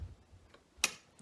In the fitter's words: so now it's clicked.